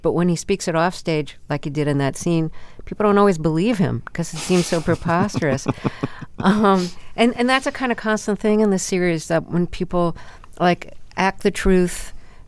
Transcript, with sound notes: But when he speaks it offstage, like he did in that scene, people don't always believe him because he seems so preposterous. (Laughter) And that's a kind of constant thing in the series that when people, like, act the truth,